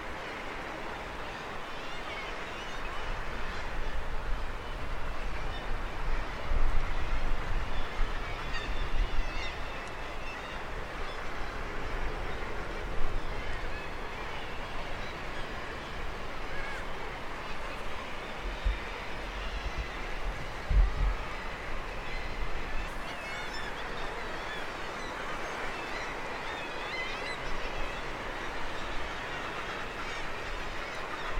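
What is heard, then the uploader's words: A huge seabird colony chatters without pause, countless calls blending into a dense, steady wash of squawks and cackles. Individual harsh cries poke out now and then, and a low rumble, likely wind or surf, runs underneath, with a brief thump near twenty-one seconds. The evocative chatter of a huge seabird colony. The wild cliffs of Handa, off the coast of Sutherland, and the swirling whirling city of seabirds. The noise is constant as birds constantly commute between cliffs and the wider ocean to feed. Recorded by Fergus Collins.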